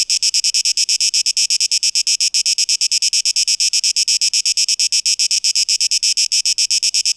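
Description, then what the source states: Cicada song, steady fast pulses of shrill buzzing sound with nothing else heard. 12 August 2023; tape echo mix.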